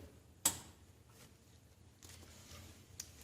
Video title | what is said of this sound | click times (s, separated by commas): Adv Power Mech: Lawnboy Insight single stage snow blower service | we want to make sure we hear that click so | 0.5 s